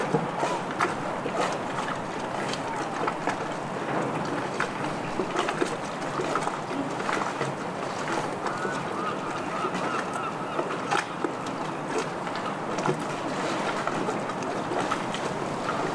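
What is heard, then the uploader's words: Stormy harbour ambience in the City of Bristol: a dense, steady roar of wind and water holds at an even level throughout. Frequent short knocks and clatters break through, and faint honking calls or voices surface now and then in the mix. Stormy Harbour Ambiance | City of Bristol. Immerse yourself in the sounds of lapping waves, seagulls calling, and distant chatter. This field recording soundscape captures the vibrant ambiance of a stormy harbor.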